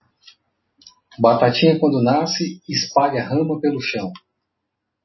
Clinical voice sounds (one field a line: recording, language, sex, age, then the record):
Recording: short text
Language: Brazilian Portuguese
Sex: male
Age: 30 to 39 years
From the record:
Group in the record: control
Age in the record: 38 years